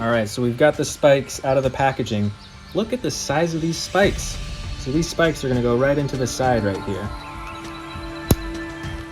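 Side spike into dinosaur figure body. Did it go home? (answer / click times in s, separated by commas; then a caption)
yes / 8.3 s. Someone talks over background music while pushing a large plastic side spike into the side of a Jurassic World Kentrosaurus toy figure. A short, sharp click is heard at 8.3 s as the spike clicks into place, seated in the figure's body.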